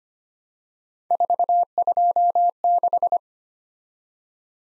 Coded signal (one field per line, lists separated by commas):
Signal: Morse code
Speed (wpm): 25 wpm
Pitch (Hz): 700 Hz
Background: none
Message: 426